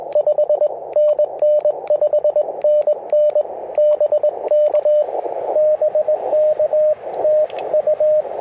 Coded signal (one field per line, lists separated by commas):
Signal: Morse code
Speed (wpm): 21 wpm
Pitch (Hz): 600 Hz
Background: radio noise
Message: 5NN 5NN BK BK TU